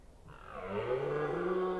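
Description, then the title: Red deer stag letting out a deep, groaning roar that rises and holds for over a second. Red deer during the rut, Forêt d'Orléans, France. "hifi soundscape lama. Red Deer Rut - Forêt d'Orleans, France"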